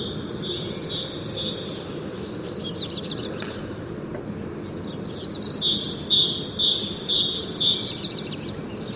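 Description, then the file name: Great tit calling, a quick series of high, sharp repeated notes in several bursts with pauses between, over steady low background rumble. "Parus major"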